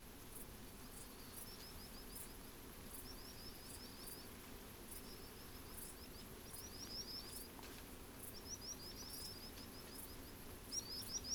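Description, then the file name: Common sandpiper song: high, thin, quickly repeated notes in short trilled phrases, given again every second or two against steady background hiss and low rumble. Singing bird recorded at Portland on 15 August 2017. "Common Sand inc singing Portland"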